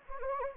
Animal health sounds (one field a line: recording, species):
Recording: mosquito wingbeat signal from an infrared sensor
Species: Anopheles gambiae